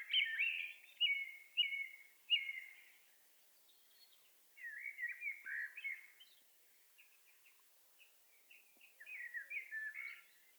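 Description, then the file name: Common blackbird song: four short warbled phrases, then two longer twittering bursts after pauses of a second or two, with a quiet background. "Turdus merula"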